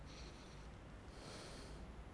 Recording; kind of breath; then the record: one breath in and out by a microphone near the nose and mouth; deep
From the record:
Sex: male